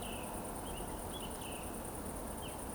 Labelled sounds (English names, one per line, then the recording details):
Eurasian Woodcock whistle
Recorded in Baden-Württemberg, Germany, on 25 June 2020 at 20:14 UTC
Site 14569, 102 m above sea level